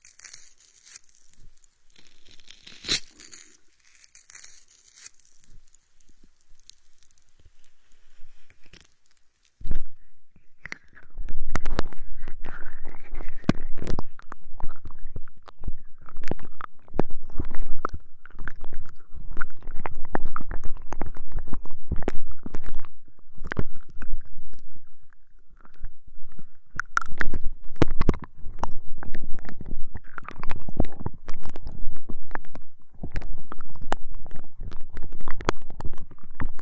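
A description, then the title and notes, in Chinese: Homemade aloe gel is massaged close to the ears, starting with quiet bright rustles, then from about ten seconds dense, wet, squelching rubbing continues. 自制芦荟胶，按摩你的耳朵。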